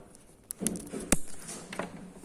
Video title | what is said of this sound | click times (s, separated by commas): off grid electric assembely | you hear the click and a connection going into the | 1.1 s